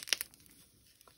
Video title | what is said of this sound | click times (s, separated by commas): Bauble Magic with Rory and Darcy by Karen Telfer - A Lavinia Stamps Tutorial | and then they snap into place like that | 0.1 s